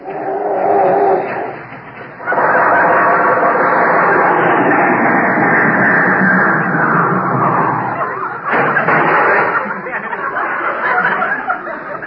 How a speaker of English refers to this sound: Ladies and gentlemen, we take you out to Jack Benny's house in Beverly Hills, where we find Jack and Rochester in the garage. I can't understand why the car won't start. Try it again, Rochester.